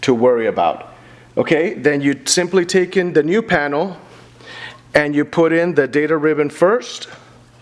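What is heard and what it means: A man talks while handling a data ribbon cable connector for the socket on a replacement Smart LED FX2 magnetic LED panel, which is being taken in. Only speech is heard. Nothing has seated or clicked yet.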